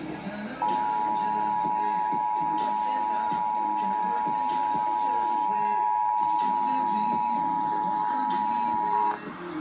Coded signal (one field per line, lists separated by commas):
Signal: Emergency Alert System (SAME) tones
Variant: 853 and 960 Hz attention tone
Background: speech, music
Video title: Required Monthly Test EAS #162